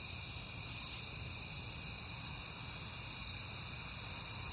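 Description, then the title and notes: Crickets chirp in a continuous shrill chorus, with a soft low rumble in the background. Crickets recorded at night in September on a peaceful night. "Night Time: Crickets and Passing Cars. It is September and I have been hearing the crickets a lot, but finally had a peaceful night to make the recording"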